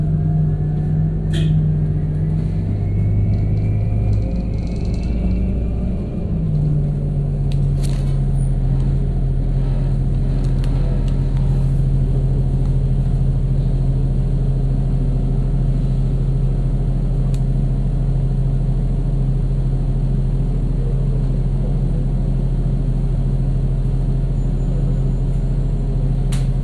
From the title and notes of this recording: B103 Bus with Bad Struts. Recorded by Dan Bodah in Brooklyn.